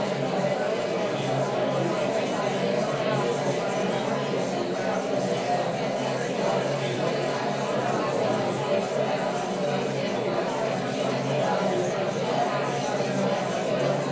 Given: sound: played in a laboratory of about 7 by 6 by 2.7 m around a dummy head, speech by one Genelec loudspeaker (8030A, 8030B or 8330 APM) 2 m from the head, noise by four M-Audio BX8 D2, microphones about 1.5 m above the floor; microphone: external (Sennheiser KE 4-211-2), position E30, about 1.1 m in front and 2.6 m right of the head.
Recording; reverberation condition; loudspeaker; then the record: babble noise; medium; four, about 170 cm from the corners of the room and facing them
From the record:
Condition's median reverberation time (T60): about 510 ms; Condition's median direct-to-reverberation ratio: about -0.5 dB